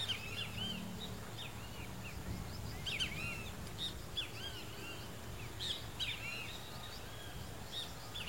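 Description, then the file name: Rusty-margined flycatcher giving bursts of thin whistled notes in quick clusters over a constant low rumble. "canto do bentevizinho de asa ferruginea"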